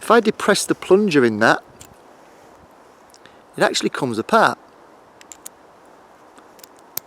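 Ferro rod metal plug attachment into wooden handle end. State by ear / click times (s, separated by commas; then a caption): seated / 7.0 s. Someone talks, then the metal plug attachment of a ferro rod, separated from its wooden handle, is pushed back into the end of the handle. Quiet handling ticks follow, ending in a sharp click at 7.0 s as the plug seats back into place.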